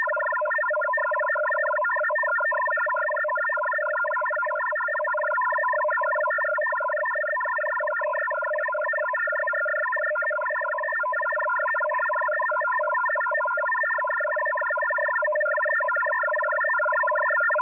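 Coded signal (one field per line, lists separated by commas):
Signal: HF data modem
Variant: F03j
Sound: rapid chattering of four fixed pitches switching on and off, continuous throughout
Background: radio static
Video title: F03j Data Mode 01/01/2024 1015 UTC 12089kHz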